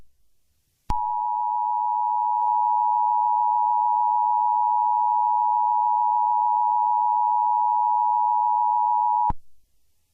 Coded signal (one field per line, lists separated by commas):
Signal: Emergency Alert System (SAME) tones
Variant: 853 and 960 Hz attention tone